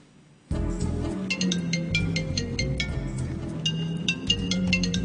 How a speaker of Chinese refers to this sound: 喂，你電話響，做咩唔聽啊？ 唔使理佢啦，應該係啲無聊電話嚟啫。